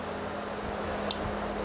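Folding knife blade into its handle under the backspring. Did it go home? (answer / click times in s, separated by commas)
yes / 1.1 s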